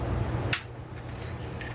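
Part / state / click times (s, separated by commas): memory card into camera card slot / seated / 0.5 s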